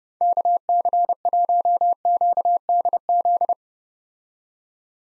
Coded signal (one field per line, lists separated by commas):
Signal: Morse code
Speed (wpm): 30 wpm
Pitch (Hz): 700 Hz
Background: none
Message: KC1QDZ